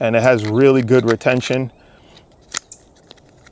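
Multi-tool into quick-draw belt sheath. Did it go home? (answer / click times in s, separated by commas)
yes / 2.6 s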